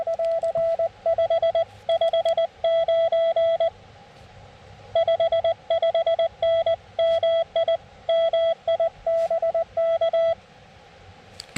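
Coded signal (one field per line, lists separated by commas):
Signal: Morse code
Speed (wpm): 20 wpm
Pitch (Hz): 660 Hz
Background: none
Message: <AR> 559 55N MI MI BK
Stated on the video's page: CW portion of a park activation from Buttermilk Falls State Park, run on an FX-4CR transceiver.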